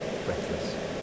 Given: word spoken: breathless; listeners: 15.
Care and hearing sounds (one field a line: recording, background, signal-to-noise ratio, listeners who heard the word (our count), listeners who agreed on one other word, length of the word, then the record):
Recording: one English word in noise, from a listening test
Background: speech-shaped noise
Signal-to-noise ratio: -4.9 dB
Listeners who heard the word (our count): 3 of 15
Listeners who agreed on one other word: 8 of 15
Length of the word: 0.62 s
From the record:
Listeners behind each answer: 8, 3, 2, 1, 1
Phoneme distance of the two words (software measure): 17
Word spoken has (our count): 2 syllables, 7 phonemes, stress on syllable 1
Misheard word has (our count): 2 syllables, 6 phonemes, stress on syllable 1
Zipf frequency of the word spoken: 3.08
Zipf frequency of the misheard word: 3.64